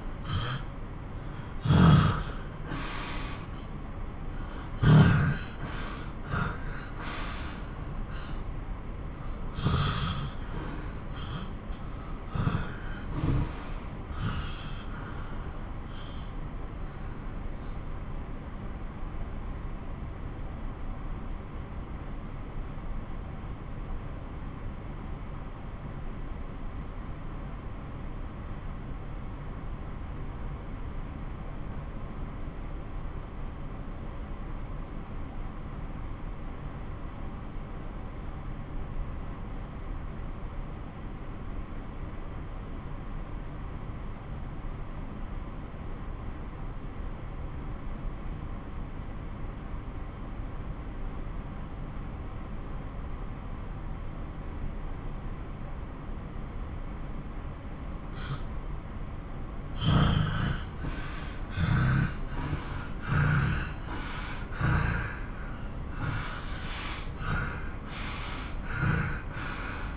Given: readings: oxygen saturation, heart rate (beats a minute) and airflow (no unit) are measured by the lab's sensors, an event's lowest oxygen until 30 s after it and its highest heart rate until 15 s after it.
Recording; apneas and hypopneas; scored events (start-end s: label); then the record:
breathing in sleep by a smartphone at the bedside; 1
10.00-69.97 s: new sleep stage, N2 (light sleep)
17.00-57.70 s: obstructive apnea (N2, oxygen 94% highest, then 90% lowest)
From the record:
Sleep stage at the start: N1 (lightest sleep); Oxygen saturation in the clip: 84 to 94%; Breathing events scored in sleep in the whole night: 217 in 6.3 hours asleep